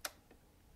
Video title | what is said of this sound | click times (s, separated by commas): Creating flat lock seams using decorative cording with the Baby Lock Triumph Serger | listen for the click | 0.0 s